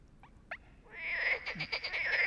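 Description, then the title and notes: Frogs: after two soft clicks, a dense, buzzing croak chorus swells up and carries on steadily. A bunch of frogs singing all night at a small pond beside the Loire near Bréhémont, France; ignored recordist's attempts to make them answer; sing when distant freight trains pass; Oktava MK012 ORTF, MixPre, Zoom H4n. "37130 Bréhémont, France - Trying to communicate with Frogs. un étang peuplé de grenouilles qui se sont mise à chanter toute la nuit. Elles se mettent cependant à chanter lorsqu'un train de marchandises passe au loin. A little pond next to the river Loire where we tried to sleep untill a bunch of frogs begin to sing"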